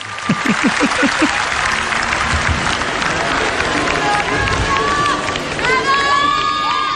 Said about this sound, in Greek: Το τελευταίο χειροκρότημα.